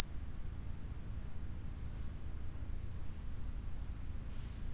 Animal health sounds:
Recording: poultry house recording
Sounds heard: no chicken sound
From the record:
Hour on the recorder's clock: 23

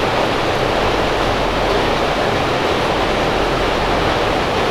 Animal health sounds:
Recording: poultry house recording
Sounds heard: no chicken sound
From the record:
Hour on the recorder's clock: 15

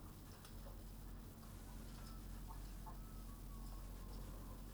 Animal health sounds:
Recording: poultry house recording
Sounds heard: healthy chickens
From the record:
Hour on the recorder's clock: 19

